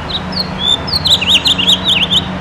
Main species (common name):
House Finch